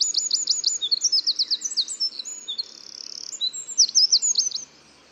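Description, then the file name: Eurasian wren song already underway: quick, shrill repeated notes, a humming trill in the middle, then a final flourish of sharp notes, with steady background noise throughout. "Troglodytes troglodytes"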